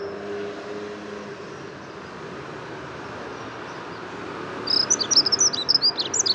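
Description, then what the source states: Dunnock song arriving late: a brief burst of rapid, high, jingling notes near the end, after several seconds of traffic noise. Morning between 8 and 10:30 on 14 February 2019, edge of the Bois de Vincennes; unusually sunny spring-like weather; urban bird keeping to small gardens with cars around; Nagra recorder with Telinga parabolic dish.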